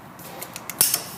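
A mechanic tightens the next lug nut on a Hyundai car wheel in a crisscross pattern with a torque wrench preset to 80 foot-pounds. A few faint ticks lead up to a sharp metallic click at 0.8 s as the wrench reaches its setting, followed by a brief softer tick. The lug nut is confirmed torqued and marked done.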